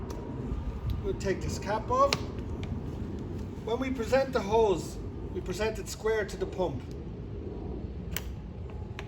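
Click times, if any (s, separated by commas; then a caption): 8.2 s, 9.0 s. Someone talks while the cap is taken off the male end of a Holmatro hydraulic rescue tool core hose, and the hose is presented square to the second pump and pushed home into the pump port. Sharp clicks at 8.2 s and 9.0 s mark the coupling seating securely, confirming the hose is connected.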